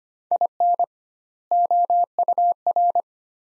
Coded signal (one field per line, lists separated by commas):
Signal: Morse code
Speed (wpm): 25 wpm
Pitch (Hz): 700 Hz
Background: none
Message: IN OUR